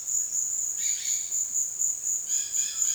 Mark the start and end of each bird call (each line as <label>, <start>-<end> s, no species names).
bird call, 0.81-1.33 s
bird call, 2.25-2.94 s